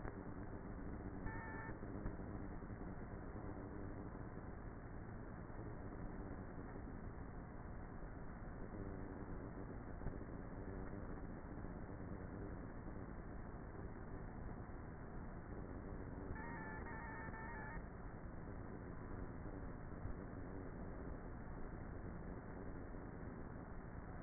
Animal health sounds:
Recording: honeybee colony, microphone inside the hive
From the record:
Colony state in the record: queenless with a low population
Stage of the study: before two queens were removed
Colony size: about 30,000 bees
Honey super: no

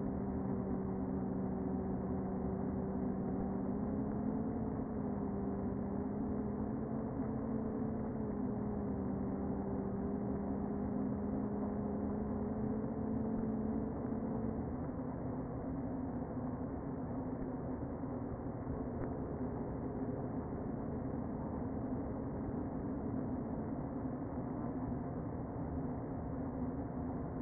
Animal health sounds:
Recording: honeybee colony, microphone inside the hive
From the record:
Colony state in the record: queen present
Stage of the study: before two queens were removed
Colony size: about 60,000 bees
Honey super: yes

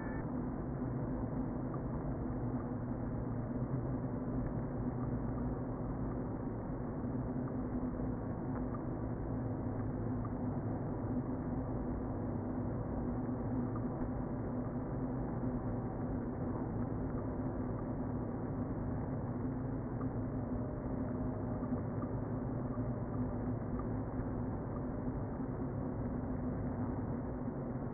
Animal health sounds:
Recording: honeybee colony, microphone inside the hive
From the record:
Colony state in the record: queen present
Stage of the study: before two queens were removed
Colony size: about 60,000 bees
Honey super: yes

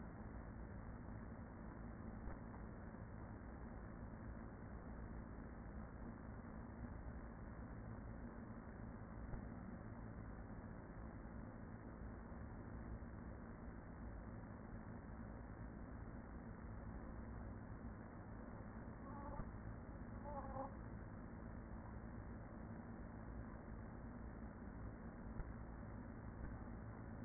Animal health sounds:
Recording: honeybee colony, microphone inside the hive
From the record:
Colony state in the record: queen present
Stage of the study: after two queens were removed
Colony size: about 40,000 bees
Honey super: no

